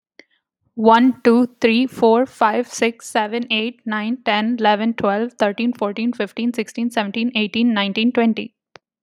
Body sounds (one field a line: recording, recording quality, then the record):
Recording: counting at a fast pace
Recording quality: excellent, no background noise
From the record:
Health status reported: healthy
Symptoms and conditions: none ticked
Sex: female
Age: 27 years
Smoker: not ticked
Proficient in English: yes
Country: Canada